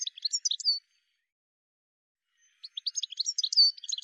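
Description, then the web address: A bird chatters in rapid, high-pitched squeaks and chips, a short run, a gap of nearly two seconds, then a longer jumbled burst. "cianscape birddata"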